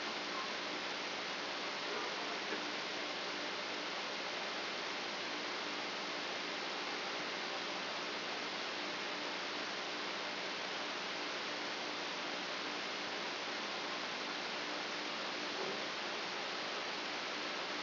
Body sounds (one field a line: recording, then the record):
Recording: brain microelectrode recording played as sound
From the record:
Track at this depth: outside the subthalamic nucleus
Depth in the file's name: 8.628 mm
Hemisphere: left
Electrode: 2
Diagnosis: Parkinson's disease